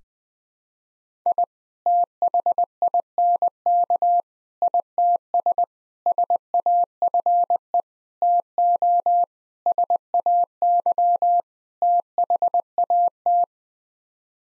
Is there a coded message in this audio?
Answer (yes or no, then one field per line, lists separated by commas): yes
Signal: Morse code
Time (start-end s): 1.3-13.4 s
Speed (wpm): 21 wpm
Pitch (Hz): 700 Hz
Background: none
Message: I THINK ITS SAFE TO SAY THAT